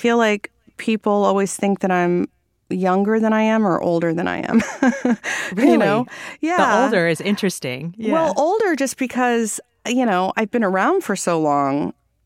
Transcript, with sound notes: I feel like people always think that I'm younger than I am or older than I am (laughter), you know?
Really?
Yeah.
The older is interesting, yeah.
Well, older just because, you know, I've been around for so long,